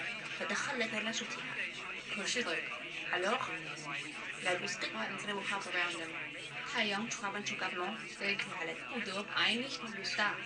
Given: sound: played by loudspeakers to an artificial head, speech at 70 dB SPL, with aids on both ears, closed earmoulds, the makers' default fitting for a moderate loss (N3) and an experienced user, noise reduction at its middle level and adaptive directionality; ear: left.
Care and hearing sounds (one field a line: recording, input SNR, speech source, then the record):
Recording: speech test signal (ISTS) in cocktail-party noise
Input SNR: +6 dB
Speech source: on the right (90 degrees)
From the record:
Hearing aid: class 2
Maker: G